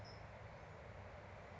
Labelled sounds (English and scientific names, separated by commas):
California Towhee (Melozone crissalis)